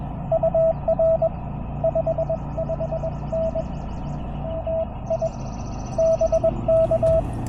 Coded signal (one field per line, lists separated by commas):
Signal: Morse code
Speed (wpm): 21 wpm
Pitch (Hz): 650 Hz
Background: none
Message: UR 55N AI BK